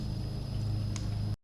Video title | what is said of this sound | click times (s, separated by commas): LG Portable AC Review | and it slides right in place and it locks into | 1.0 s